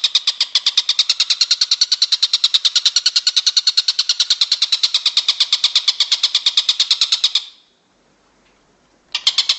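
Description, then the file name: Stork-billed kingfisher delivering a long, even, rapid run of harsh, grating notes, then a pause before the calling resumes. "tengkek buto om andri"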